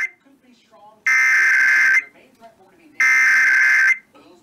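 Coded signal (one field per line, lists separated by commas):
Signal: Emergency Alert System (SAME) tones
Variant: header bursts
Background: speech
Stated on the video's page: Required Monthly Test on AM/FM radio and television in Tennessee.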